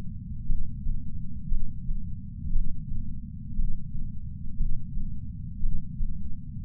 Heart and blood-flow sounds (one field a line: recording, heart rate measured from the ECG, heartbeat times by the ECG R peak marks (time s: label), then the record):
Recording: heart sounds by patch sensor on the chest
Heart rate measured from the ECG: 58 bpm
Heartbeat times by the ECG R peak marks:
0.46 s: heartbeat
1.48 s: heartbeat
2.51 s: heartbeat
3.55 s: heartbeat
4.56 s: heartbeat
5.60 s: heartbeat
6.64 s: heartbeat
From the record:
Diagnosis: coronary artery disease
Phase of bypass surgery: preoperative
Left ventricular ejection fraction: 61.7%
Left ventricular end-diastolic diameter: 51 mm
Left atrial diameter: 34 mm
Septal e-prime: 7.2 cm/s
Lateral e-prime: 9.6 cm/s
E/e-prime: 6.5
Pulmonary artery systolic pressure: 19 mmHg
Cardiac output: 4.98 L/min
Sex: male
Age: 62 years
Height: 172 cm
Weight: 60 kg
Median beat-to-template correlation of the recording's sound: 0.89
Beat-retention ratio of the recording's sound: 1.00